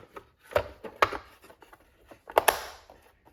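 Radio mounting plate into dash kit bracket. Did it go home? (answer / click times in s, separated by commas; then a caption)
yes / 1.0 s, 2.4 s, 2.5 s. A plastic mounting plate for a 6-inch factory radio, lined up with its arrow pointing up, is pushed onto a dash kit bracket. Amid light handling noise, sharp snaps ring out at 1.0 s, 2.4 s and 2.5 s. The plate snaps in place and is seated.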